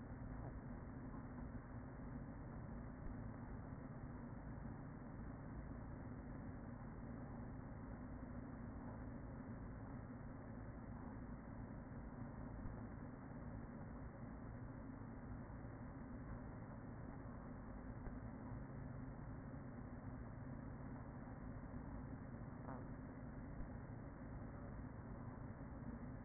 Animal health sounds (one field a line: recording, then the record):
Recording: honeybee colony, microphone inside the hive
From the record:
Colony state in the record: queen present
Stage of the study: after two queens were removed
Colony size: about 40,000 bees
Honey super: no